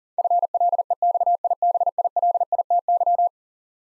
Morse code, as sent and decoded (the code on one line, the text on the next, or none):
..-. .-.. . -..- .. -... .. .-.. .. - -.--
FLEXIBILITY